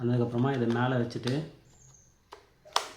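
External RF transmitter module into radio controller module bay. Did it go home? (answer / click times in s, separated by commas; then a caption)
yes / 2.8 s. Someone talks as a RadioMaster Ranger Nano ELRS 2.4 GHz RF transmitter module is placed on top of a radio controller's back module bay, after the dummy cover has been slid out, and pressed down. After a faint tick at 2.3 s, a sharp snap at 2.8 s marks the module locking into the bay, seated.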